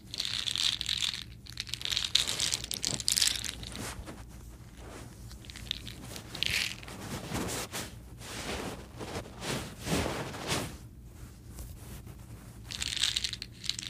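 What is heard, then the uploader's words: Crisp crinkling and crunching of soda candies and their wrappers, in irregular bursts with short pauses. Bright rustles cluster near the start, around six to seven seconds and again at the end, with a faint low hum underneath throughout. ASMR Soda Candies.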